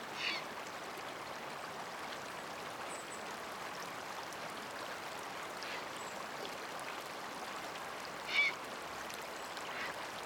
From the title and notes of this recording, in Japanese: 初夏、爽やかな川の流れ。